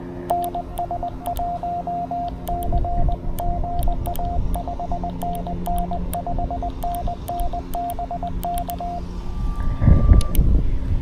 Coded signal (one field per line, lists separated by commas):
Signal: Morse code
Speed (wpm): 21 wpm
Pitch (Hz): 700 Hz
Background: radio noise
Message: NS1C GA 5NN 5NN BK